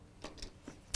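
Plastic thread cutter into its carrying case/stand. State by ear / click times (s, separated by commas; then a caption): seated / 1.0 s. A plastic thread cutter holding a used rotary blade is lined up with the two notches on its plastic carrying case/stand and pushed together. A few soft ticks and rustles lead up to a sharp click at 0.9 s as the cutter seats into the case.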